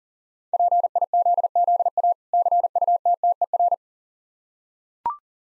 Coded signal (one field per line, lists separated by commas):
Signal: Morse code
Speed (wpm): 44 wpm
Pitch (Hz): 700 Hz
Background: none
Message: PIZZA CUTTER